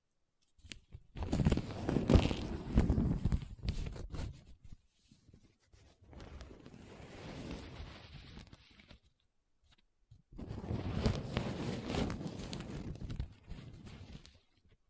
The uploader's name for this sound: Different Paper Sounds Tracing, Scratching, Rubbing